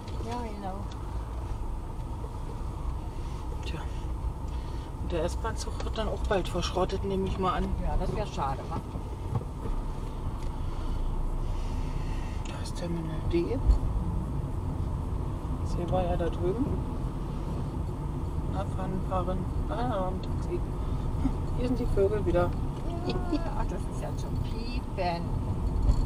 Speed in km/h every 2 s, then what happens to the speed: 10, 11, 11, 13, 14, 19, 21, 23, 27, 28, 28, 25, 25.
0-8 steady at about 11. 8-17 speeds up to 28. 17-26 steady at about 25.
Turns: none.